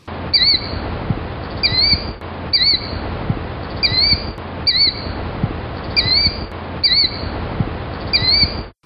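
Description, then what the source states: Killdeer calling: high shrill notes repeated several times. Very loud bird that vocalizes night and day; lives in open ground such as lawns, road edges and parking lots; named for its call.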